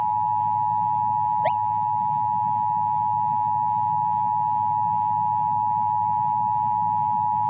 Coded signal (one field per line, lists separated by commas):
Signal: Emergency Alert System (SAME) tones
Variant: 853 and 960 Hz attention tone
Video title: Tornado Warning (EAS 143)